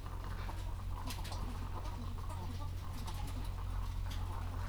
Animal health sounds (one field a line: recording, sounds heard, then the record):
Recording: poultry house recording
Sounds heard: sick chickens (respiratory disease)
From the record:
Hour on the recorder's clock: 14